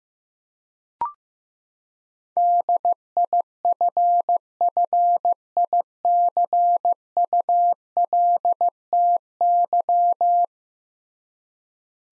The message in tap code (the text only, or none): none